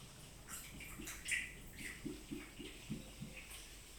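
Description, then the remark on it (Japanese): Sake is poured from a bottle into a small ochoko cup for an evening drink at an open-air bath, in a soft stream, with a run of gentle, rhythmic glugs and faint watery splashes, no voices. “はい、おちょこどうぞ。入れてくれるの？じゃあ、お願いします。”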